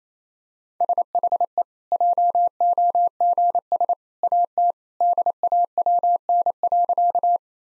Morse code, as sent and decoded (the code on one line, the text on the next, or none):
... .... . / .--- --- --. ... / .- - / -.. .- .-- -. .-.-.-
SHE JOGS AT DAWN.